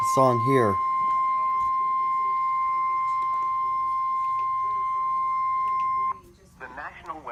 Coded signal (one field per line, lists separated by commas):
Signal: Emergency Alert System (SAME) tones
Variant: 1050 Hz attention tone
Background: speech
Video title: EAS Alerts In Eastern time part 1